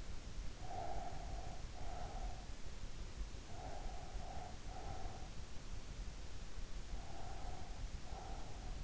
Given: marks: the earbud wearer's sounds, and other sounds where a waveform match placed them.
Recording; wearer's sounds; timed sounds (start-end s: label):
sounds in sleep by an in-ear microphone; breath
0.56-2.55 s: breath
3.50-5.38 s: breath
6.85-8.84 s: breath